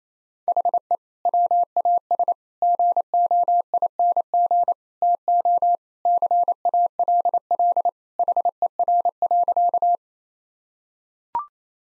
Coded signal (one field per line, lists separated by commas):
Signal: Morse code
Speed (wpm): 28 wpm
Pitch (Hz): 700 Hz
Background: none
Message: HE WAS GOING TO CALL HER.